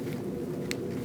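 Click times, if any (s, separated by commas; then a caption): 0.7 s. A new wiper blade adapter is slid onto the J-hook of the passenger-side wiper arm on a 2004-2012 Chevrolet Colorado and snapped into place. Over a steady low background hum, a single short, sharp click sounds at 0.7 s. The blade is seated on the arm hook.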